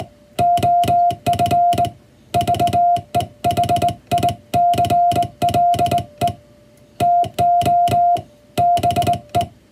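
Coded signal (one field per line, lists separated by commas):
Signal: Morse code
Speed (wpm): 20 wpm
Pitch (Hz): 700 Hz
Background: music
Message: OF VEHICLE TO BE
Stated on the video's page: Morse code receive practice of the kind used for the radiotelegraph operator exam, recreating ship-to-coast-station telegraph traffic.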